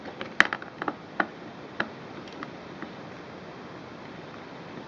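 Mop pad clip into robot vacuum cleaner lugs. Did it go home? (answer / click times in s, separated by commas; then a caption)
yes / 0.4 s. A plastic mop pad holder clip is pushed into the lugs on the underside of a robot vacuum cleaner. It snaps into place with a sharp, loud click at 0.4 s, followed by a few softer taps and knocks at about 0.5, 1.2 and 1.8 s. The clip is seated, and there is no talk.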